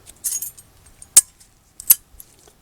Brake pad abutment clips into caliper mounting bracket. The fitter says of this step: with this other one here just snap them in place and those are good to go